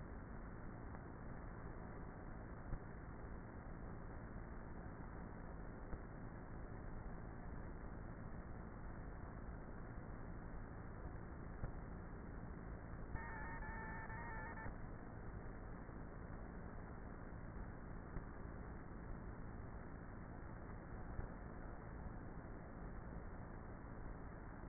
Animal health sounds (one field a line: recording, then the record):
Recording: honeybee colony, microphone inside the hive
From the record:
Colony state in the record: queenless with a low population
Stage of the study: before two queens were removed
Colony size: about 30,000 bees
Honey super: no